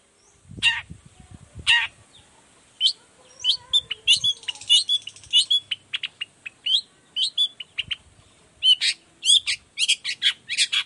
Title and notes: Cendet Gacor Dor Di Kala Pagi Toet Toet Variasi Suara. Cendet Gacor Efektif Pancingan Buat Cendet Jenis Apapun Agar Cepat Nyaut Buka Paruh. Burung cendet